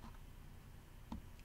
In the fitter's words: Click. I hear one click.